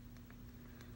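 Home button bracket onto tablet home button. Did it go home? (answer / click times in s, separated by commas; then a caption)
yes / 0.2 s, 0.3 s, 0.8 s. During an iPad Pro 10.5" screen replacement, the metal home button bracket is pressed down onto the home button after its dimple is realigned with the home button's dimple. Faint clicks come at 0.2, 0.3 and 0.8 seconds over a steady low hum. The bracket clicks home and is seated.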